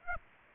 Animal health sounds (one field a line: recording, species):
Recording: mosquito wingbeat signal from an infrared sensor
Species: Aedes aegypti